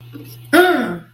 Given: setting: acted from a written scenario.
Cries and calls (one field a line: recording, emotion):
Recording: vocal sound without words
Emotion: triumph